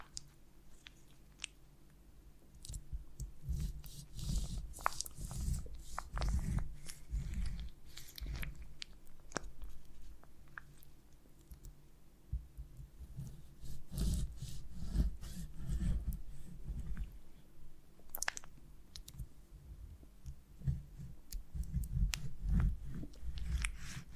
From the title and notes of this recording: ASMR of a Honeycomb on Branch (No Talking).